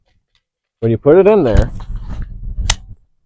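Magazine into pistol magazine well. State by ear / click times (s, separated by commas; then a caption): seated / 2.7 s. Someone talks while pushing a pistol magazine into the pistol grip's magazine well, holding it close so the latch can be heard. A sharp click at 2.7 s shows the magazine is seated and locked in tight.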